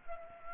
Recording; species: mosquito wingbeat signal from an infrared sensor; Culex pipiens